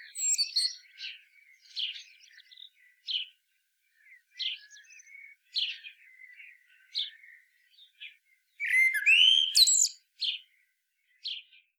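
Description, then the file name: Common blackbird giving a string of short chirps and chattering notes, with a louder squealing, rising burst near the end. "Turdus merula"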